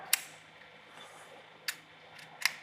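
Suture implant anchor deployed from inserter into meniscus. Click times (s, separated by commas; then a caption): 0.1 s, 2.4 s. During a meniscus repair, a FiberStitch 1.5 suture implant inserter pushed all the way into the meniscus deploys its anchors with two sharp clicks at 0.1 s and 2.5 s, plus a softer sharp tick at 1.7 s over a quiet low hum. The anchors seat in the meniscus.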